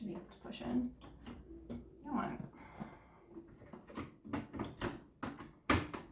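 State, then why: Seated. A brewhead unit is pushed along its metal L-shaped guides into a coffee vending machine housing after a struggle while someone talks. Several knocks are heard before a loud, sharp click at 5.7 s as the brewhead locks into place.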